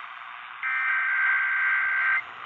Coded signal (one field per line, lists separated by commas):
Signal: Emergency Alert System (SAME) tones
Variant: header bursts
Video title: KDKA Required Weekly Test (EAS #905)